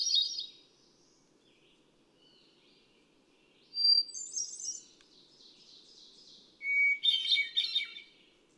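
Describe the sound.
Hermit thrush sings two phrases a few seconds apart after the fading end of an earlier one, each a clear whistle breaking into quick fluty trills, the second starting lower.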